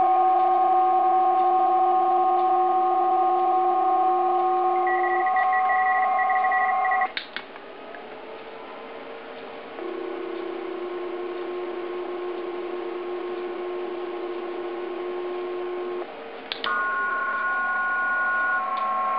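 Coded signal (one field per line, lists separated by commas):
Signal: PSK31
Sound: several steady thin warbling tones between 300 Hz and 2 kHz, changing twice with clicks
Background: radio static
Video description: PSK31 is another digital mode that converts typed on computer keyboard letters to specific sounds and send them by the radiostation.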